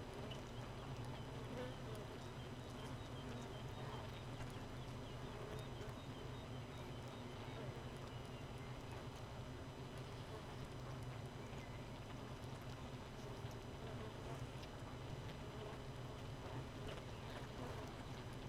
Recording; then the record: honeybee colony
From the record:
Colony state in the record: missing queen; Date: 31 May 2018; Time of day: 4:30